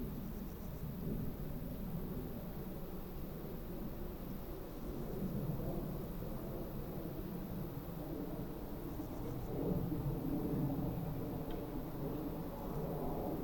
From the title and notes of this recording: Summer meadow woodland edge. How banks of soft summer air move spatially across the treetops. We travelled into Hertfordshire (by train and on foot of course) to take this sound photograph from as near as possible to the Clinton Baker Pinetum one lunchtime last week.